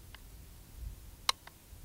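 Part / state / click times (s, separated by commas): pistol into light-bearing holster / seated / 1.3 s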